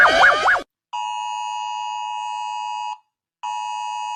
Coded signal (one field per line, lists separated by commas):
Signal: Emergency Alert System (SAME) tones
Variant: 853 and 960 Hz attention tone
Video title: Rating EAS alarms from around the world 💀 (part 1)